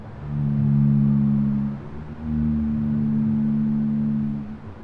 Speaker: is the song of a blue whale, sped up 5 times to make it easier for humans to hear.